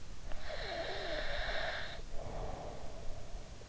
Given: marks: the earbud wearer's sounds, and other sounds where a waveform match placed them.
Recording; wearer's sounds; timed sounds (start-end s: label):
sounds in sleep by an in-ear microphone; breath
0.23-3.61 s: breath